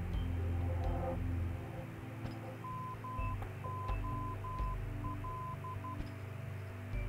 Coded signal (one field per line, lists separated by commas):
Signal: Morse code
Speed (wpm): 12 wpm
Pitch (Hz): 1020 Hz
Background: music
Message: MOL